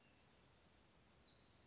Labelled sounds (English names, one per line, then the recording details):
Brown Creeper
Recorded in Sonoma County, California